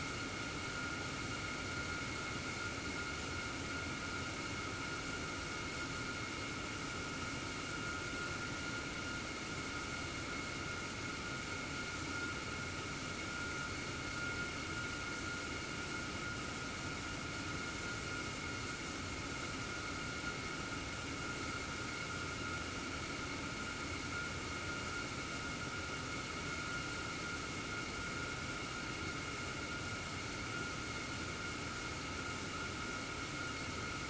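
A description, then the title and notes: A space telescope undergoes acoustic testing, with a dense, unbroken roar of noise filling the whole range from low rumble to high hiss. Several steady tones ring through it, one bright pitch especially prominent. The level stays constant throughout. ESA ESTEC Test Centre Sounds: CHEOPS space telescope acoustic testing (Mic 8). The majority of ESA spacecraft and satellites are tested at the ESA ESTEC Test Centre in Noordwijk, the Netherlands. This is the sound of ESA's CHEOPS - CHaracterising ExOPlanet Satellite - being tested in the Large European Acoustic Facility (LEAF).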